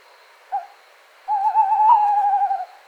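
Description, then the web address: Tawny owl hoot: a brief opening note, a short silence, then a long tremulous hoot on a steady pitch. "strix aluco call"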